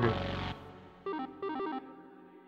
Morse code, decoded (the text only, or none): none